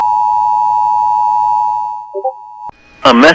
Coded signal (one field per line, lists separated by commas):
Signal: Emergency Alert System (SAME) tones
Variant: 853 and 960 Hz attention tone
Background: speech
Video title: [EAS] Winter Storm Warning for Cass MN Relayed from WXM99